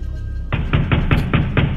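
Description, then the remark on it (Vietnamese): Someone pounds on a door: six heavy, evenly spaced thuds in a steady rhythm, loud and booming, with no voices. “Ngay khi tôi nghiến răng chuẩn bị mạo hiểm mạng sống thì có tiếng đập cửa vang lên.”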